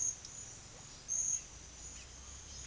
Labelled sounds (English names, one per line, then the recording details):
none
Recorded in secondary vegetation near Puerto Asís, Putumayo, Colombia, on 25 June 2025 at 11:00
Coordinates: 0.500, -76.326
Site GP08